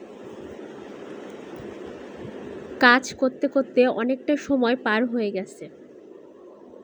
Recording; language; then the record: elicited speech; Bengali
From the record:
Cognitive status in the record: cognitively healthy